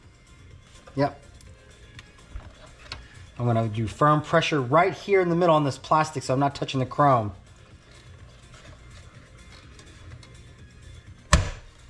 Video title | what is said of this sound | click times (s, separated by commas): e46 M3 Touring BI LED Projector Retrofit | all right you saw that just snapped into place | 11.3 s